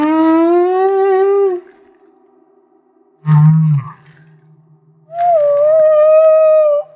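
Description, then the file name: Humpback whale song: a rising harmonic moan, a brief deep grunt, then a higher steady wail, each separated by short gaps. Maui. "Humpback Whale - Maui Whale One"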